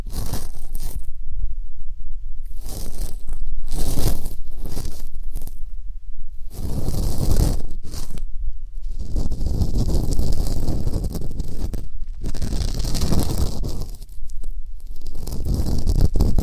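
Ear canal cleaning sounds, made of dense scratchy rustling and crackling that comes in bursts throughout. Strokes alternate between low, muffled rumbles and brighter, hissing scrapes, with brief quieter gaps around 2, 6, 8 and 12 seconds.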